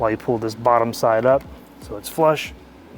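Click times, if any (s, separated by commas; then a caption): none. Someone talks while a BMW OEM fire extinguisher (E9X/F8X) is handled in its mounting bracket in a car: it is lined up flush, the top retaining strap is brought over, and the bottom side is pulled up toward the strap latch. Only speech and faint low background sound are heard, with no distinct impacts. Nothing has seated or clicked yet; the strap latch has not closed by the end of the clip.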